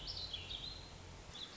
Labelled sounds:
Warbling Vireo
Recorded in Sonoma County, California

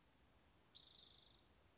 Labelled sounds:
Spotted Towhee
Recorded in Sonoma County, California

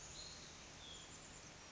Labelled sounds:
Hutton's Vireo
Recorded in Sonoma County, California

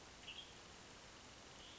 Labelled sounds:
Western Tanager
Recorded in Sonoma County, California

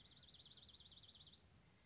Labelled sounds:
Dark-eyed Junco
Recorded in Sonoma County, California

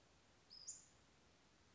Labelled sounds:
Western Flycatcher
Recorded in Sonoma County, California

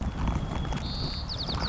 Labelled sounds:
White-crowned Sparrow
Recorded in Sonoma County, California

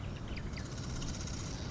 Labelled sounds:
Marsh Wren
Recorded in Sonoma County, California

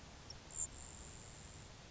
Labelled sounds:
Grasshopper Sparrow
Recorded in Sonoma County, California

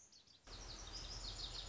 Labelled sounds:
Lazuli Bunting
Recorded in Sonoma County, California

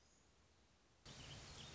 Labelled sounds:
Black-throated Gray Warbler
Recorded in Sonoma County, California

